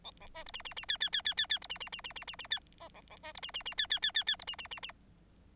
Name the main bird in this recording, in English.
Bengalese Finch